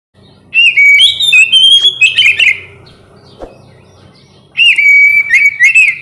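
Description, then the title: Oriental magpie-robin singing rich whistled phrases, bright and slurred, in two loud bursts with a soft pause between, over a faint low hum. "kacer"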